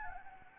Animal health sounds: mosquito wingbeat signal from an infrared sensor; Anopheles arabiensis

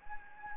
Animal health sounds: mosquito wingbeat signal from an infrared sensor; Anopheles gambiae

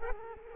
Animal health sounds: mosquito wingbeat signal from an infrared sensor; Culex quinquefasciatus

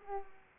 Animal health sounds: mosquito wingbeat signal from an infrared sensor; Culex pipiens

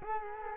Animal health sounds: mosquito wingbeat signal from an infrared sensor; Culex quinquefasciatus

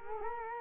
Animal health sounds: mosquito wingbeat signal from an infrared sensor; Culex quinquefasciatus

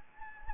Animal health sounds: mosquito wingbeat signal from an infrared sensor; Anopheles gambiae

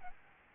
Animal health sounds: mosquito wingbeat signal from an infrared sensor; Aedes albopictus

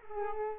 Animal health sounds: mosquito wingbeat signal from an infrared sensor; Culex pipiens

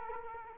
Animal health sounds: mosquito wingbeat signal from an infrared sensor; Culex quinquefasciatus

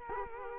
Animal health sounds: mosquito wingbeat signal from an infrared sensor; Culex quinquefasciatus

